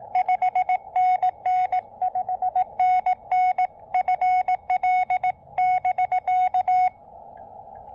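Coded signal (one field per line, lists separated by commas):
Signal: Morse code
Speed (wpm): 18 wpm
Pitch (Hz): 740 Hz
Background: none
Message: 5NN 5NN FL <BK>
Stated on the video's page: QRP Summits On The Air activation on Hibriten Mountain, including operation on 17 meters.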